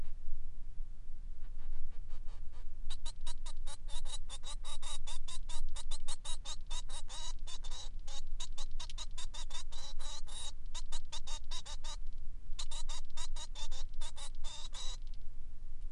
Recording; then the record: song of a male Bengalese finch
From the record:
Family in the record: son of father 3